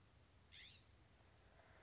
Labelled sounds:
California Scrub-Jay (Aphelocoma californica)

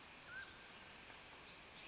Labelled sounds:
Mountain Quail (Oreortyx pictus)

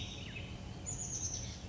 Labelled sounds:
Chestnut-backed Chickadee (Poecile rufescens)

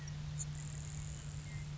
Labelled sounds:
Grasshopper Sparrow (Ammodramus savannarum)

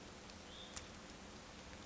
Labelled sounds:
Hutton's Vireo (Vireo huttoni)

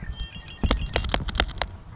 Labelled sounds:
Red-winged Blackbird (Agelaius phoeniceus)

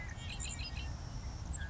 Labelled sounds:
Savannah Sparrow (Passerculus sandwichensis)

